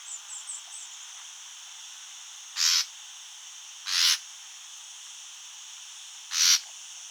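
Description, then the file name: Common nightingale giving three short, harsh rasping calls spaced a second or more apart, with a few faint high chirps at the start. "Luscinia megarhynchos"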